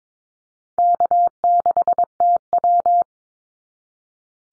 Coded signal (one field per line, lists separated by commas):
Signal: Morse code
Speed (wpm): 22 wpm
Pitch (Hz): 700 Hz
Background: none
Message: K6TW